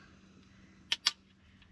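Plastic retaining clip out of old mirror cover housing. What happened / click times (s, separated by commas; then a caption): The retaining clip popped free / 0.9 s, 1.1 s. A small plastic retaining clip is pried out of the old mirror-cover housing of a Toyota Sienna while fitting a factory dashcam; these clips are hard to get out. Two sharp snaps ring out at 0.9 s and 1.1 s over a quiet low hum. The clip pops free of the old housing.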